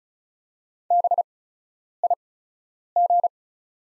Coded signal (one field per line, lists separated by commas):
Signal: Morse code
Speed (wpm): 36 wpm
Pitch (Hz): 700 Hz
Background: none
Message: BIG